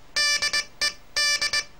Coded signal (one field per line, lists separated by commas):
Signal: Morse code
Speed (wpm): 19 wpm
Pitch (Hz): 1750 Hz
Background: none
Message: DED